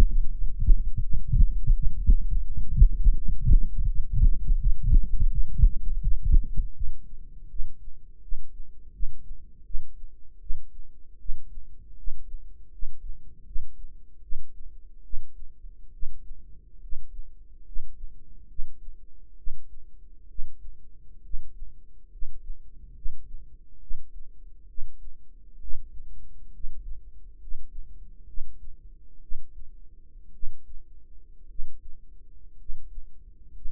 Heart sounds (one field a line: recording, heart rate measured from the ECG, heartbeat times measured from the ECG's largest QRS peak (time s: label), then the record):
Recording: heart sounds by microphone in the right ear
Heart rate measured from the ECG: 72 bpm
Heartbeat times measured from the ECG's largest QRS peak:
0.30 s: heartbeat
1.01 s: heartbeat
1.73 s: heartbeat
2.44 s: heartbeat
3.14 s: heartbeat
3.86 s: heartbeat
4.58 s: heartbeat
5.28 s: heartbeat
6.00 s: heartbeat
6.73 s: heartbeat
7.48 s: heartbeat
8.20 s: heartbeat
8.91 s: heartbeat
9.63 s: heartbeat
10.39 s: heartbeat
11.17 s: heartbeat
11.95 s: heartbeat
12.70 s: heartbeat
13.44 s: heartbeat
14.20 s: heartbeat
15.02 s: heartbeat
15.91 s: heartbeat
16.80 s: heartbeat
17.64 s: heartbeat
18.47 s: heartbeat
19.35 s: heartbeat
20.27 s: heartbeat
21.21 s: heartbeat
22.09 s: heartbeat
22.93 s: heartbeat
23.79 s: heartbeat
24.66 s: heartbeat
25.59 s: heartbeat
26.51 s: heartbeat
27.38 s: heartbeat
28.25 s: heartbeat
29.19 s: heartbeat
30.31 s: heartbeat
31.47 s: heartbeat
32.56 s: heartbeat
33.52 s: heartbeat
From the record:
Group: healthy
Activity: light exercise 0-7 s, rest 7-34 s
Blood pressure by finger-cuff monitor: 107/50 mmHg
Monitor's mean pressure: 64 mmHg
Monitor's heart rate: 74 bpm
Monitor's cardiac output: 7.1 L/min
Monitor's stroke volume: 93 mL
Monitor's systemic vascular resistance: 630 dyn s/cm5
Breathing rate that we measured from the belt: 12 breaths a minute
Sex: male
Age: 25 years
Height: 170 cm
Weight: 70.4 kg